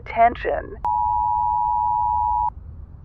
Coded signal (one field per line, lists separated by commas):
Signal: Emergency Alert System (SAME) tones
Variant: 853 and 960 Hz attention tone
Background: speech